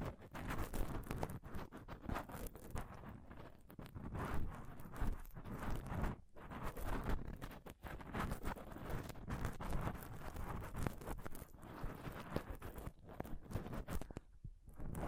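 Close-up scratching and touching on a microphone, a dense run of rubbing, scraping and knocking that never lets up across the whole stretch. The sound is heavy and low, with quick irregular taps, and brief near-silent gaps falling around six seconds and again near fourteen seconds.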